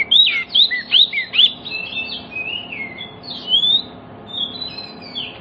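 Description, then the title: Oriental magpie-robin singing a rapid run of sharp downward-swept whistles, then longer gliding and warbled notes that rise and fall. Pancingan (lure) song used to prompt other magpie-robins that have stopped singing to reply and sing actively within about five minutes. "Cukup Hitungan Menit Kacer Lain Bisa Bunyi. CUKUP 5 Menit Kacer LAIN NYAUT JADI GACOR, PANCINGAN KACER MACET BUNYI"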